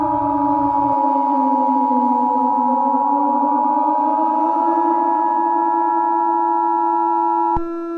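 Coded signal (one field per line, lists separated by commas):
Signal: Emergency Alert System (SAME) tones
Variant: 853 and 960 Hz attention tone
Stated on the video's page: Fictional EAS scenario series, simulated alerts.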